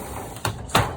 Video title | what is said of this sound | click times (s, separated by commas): 2020 Sunseeker 2850SLEF Stock# 12500 | bring that over clicks into place press it in opens back up | 0.4 s, 0.8 s